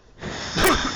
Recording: coughing mixed with background sound